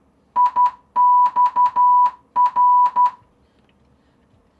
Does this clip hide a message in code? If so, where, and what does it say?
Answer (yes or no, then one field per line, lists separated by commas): yes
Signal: Morse code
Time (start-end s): 0.4-3.1 s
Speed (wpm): 12 wpm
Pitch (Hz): 990 Hz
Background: none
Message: IXR